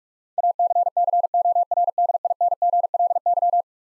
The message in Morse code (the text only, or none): ACCORDINGLY